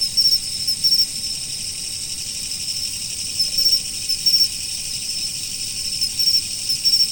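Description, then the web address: Autumn insects: continuous high-pitched ringing hum, with quick pulsed chirp groups at intervals throughout. "nature 01 autumn insects"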